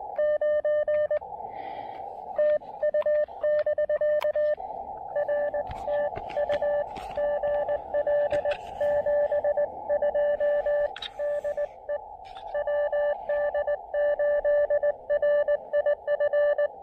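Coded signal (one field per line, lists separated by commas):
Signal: Morse code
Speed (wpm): 19 wpm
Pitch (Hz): 600 Hz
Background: radio noise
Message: 9 TU <BK> R TU GL 72 DE WD8RIF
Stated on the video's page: Combined SOTA and POTA activation, QRP at 5 watts with a speaker-wire antenna, working DX.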